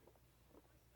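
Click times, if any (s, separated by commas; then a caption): none. A small plastic wheeled vehicle that ejects from a Spin Master toy Batmobile is handled and slid back toward its slot in the Batmobile body with its wings folded. Soft low rustling and faint handling sounds are heard, with light taps near 0.1 s and 0.6 s. Nothing has seated or clicked yet.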